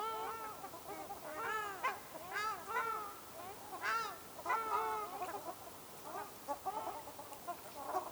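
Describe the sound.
Ruddy shelduck giving repeated nasal, arched honks in irregular bouts.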